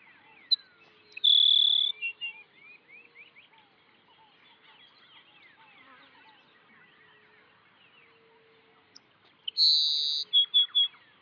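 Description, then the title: Grassland sparrow giving two songs about eight seconds apart, each a flat, insect-like buzz followed by short, thin notes, over a constant background of chattering birds. "LuckyPassaro Completos2Sama. Grassland Sparrow (Ammodramus humeralis)"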